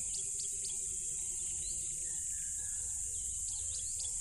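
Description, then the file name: Crickets in a loud, unbroken high shrill chorus, with short lower notes repeating underneath and a low rumbling background. Loud crickets at a tropical river. "smartsound ATMO NATURE Tropical River Loud Crickets"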